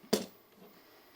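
A polymer folding stock's hinge lock button is pressed while the rifle holds the stock steady. A sharp click at 0.1 s releases the lock, and the stock breaks open and unfolds. A faint, quieter tap follows near the end.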